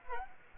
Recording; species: mosquito wingbeat signal from an infrared sensor; Culex quinquefasciatus